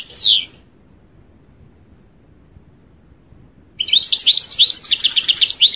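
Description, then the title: European goldfinch song: a brief descending note, a long silence, then a bright burst of rapid twittering and tinkling trills. "Chant Chardonneret"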